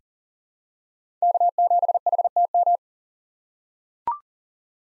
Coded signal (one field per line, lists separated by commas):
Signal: Morse code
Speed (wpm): 40 wpm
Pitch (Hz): 700 Hz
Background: none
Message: K7HTM